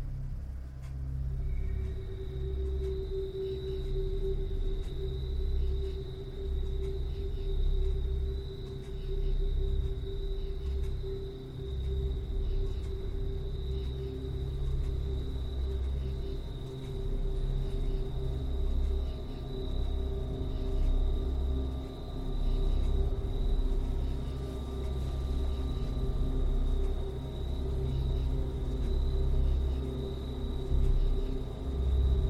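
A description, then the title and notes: A steady hyperspace sleep chamber drone: a deep, dense rumble underneath, with a fixed high whine and a lower hum held throughout. A faint hiss with a cricket-like texture sits on top, and soft ticks recur through the full half minute. The Ambient Spaceship Soundscape. Hyperspace sleep chamber, where the sound of a clock and synthetic white noise reminiscent of crickets are always present.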